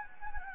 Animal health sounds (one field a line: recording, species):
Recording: mosquito wingbeat signal from an infrared sensor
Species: Anopheles gambiae